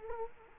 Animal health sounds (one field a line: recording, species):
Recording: mosquito wingbeat signal from an infrared sensor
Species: Culex quinquefasciatus